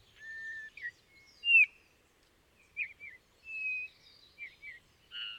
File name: Pyrrhula pyrrhula